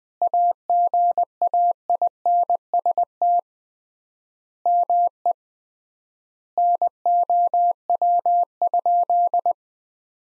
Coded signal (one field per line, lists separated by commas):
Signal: Morse code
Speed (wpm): 20 wpm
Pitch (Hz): 700 Hz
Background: none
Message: AGAINST ME NOW?